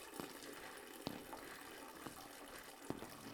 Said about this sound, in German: Also Ihre Spülung faucht ihr, als würde das Ding gleich überkochen.